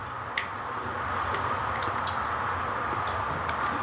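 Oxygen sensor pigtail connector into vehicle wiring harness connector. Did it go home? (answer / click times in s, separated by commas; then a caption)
yes / 0.4 s. The downstream (sensor 2) oxygen sensor's plastic electrical connector is slid into the mating wiring harness connector under a 2005-2010 Chevrolet Cobalt. A single sharp click sounds at 0.4 s over a steady background hum. The connector is seated.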